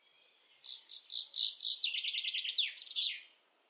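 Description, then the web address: Common chaffinch song: a cascading run of high chipping notes, quickening into a tighter trill and finishing with a loud downward flourish. "Deverinetal"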